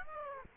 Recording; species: mosquito wingbeat signal from an infrared sensor; Aedes aegypti